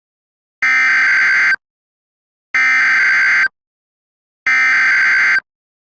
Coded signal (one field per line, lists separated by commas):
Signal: Emergency Alert System (SAME) tones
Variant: header bursts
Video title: EAS 1: Scott TN AMBER ALERT